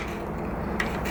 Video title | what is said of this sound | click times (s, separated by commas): How to replace sliding screen door roller wheels - remove and install | and to reinstall it, simply line it back up, put a little bit of pressure on there, and you'll hear a click, | 0.8 s